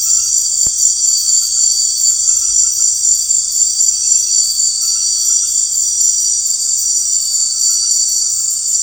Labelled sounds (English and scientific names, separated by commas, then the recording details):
none
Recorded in secondary vegetation near Puerto Asís, Putumayo, Colombia, on 4 March 2025 at 19:00
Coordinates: 0.499, -76.323
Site G094